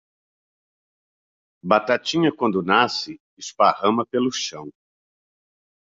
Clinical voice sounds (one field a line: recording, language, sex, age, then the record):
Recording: short text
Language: Brazilian Portuguese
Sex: male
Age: 60 to 69 years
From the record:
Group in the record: control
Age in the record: 64 years